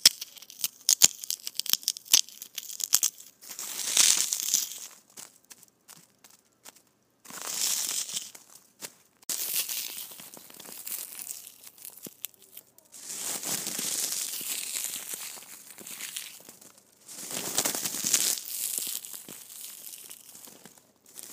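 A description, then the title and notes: Foam balls being squished in bursts of soft crinkling, crackly squeezes with sharp ticks between, swelling and fading roughly every few seconds. ASMR Foam Balls Squishing.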